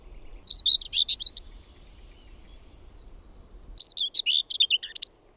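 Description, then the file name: Garden warbler singing two hurried chattering, warbled phrases separated by a pause, with faint low rumble until the second begins. "PENSASKERTTU"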